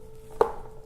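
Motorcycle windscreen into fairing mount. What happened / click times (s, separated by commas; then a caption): The plastic panel snapped into its mount / 0.4 s. A 2017 Aprilia Tuono motorcycle windscreen is worked from the inside and pushed over until it snaps into its fairing mount, giving a single sharp, loud click at 0.4 s. The click has a brief ringing tone around 500 Hz to 1 kHz over a faint steady hum. The windscreen is seated in place.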